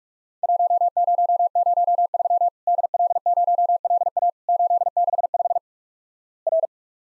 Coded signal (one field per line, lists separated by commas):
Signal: Morse code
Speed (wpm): 46 wpm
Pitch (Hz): 700 Hz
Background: none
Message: 1003 DL0LA 865 R